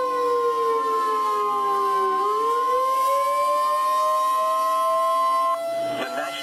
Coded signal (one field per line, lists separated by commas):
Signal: Emergency Alert System (SAME) tones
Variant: 1050 Hz attention tone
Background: speech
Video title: The REAL South Carolina EAS alarm